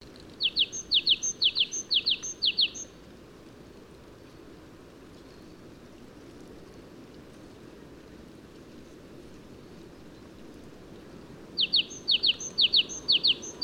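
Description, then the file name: Great tit giving two runs of quick, evenly spaced two-note phrases, with a thin higher note above each pair, separated by about nine seconds of low background hum. "Parus major"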